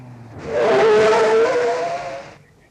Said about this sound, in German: Zur gleichen Zeit stoppte Dicky Dick Dickens an einem idyllischen Fleckchen beim Ufer des Michigansees das Auto der Mrs. Edwina Schooshobber.